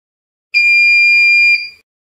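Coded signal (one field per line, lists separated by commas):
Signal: beep code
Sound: a single steady high-pitched electronic beep lasting about one second, then a short fade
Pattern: 1 long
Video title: Sound | Technology | Appliance Ready Beep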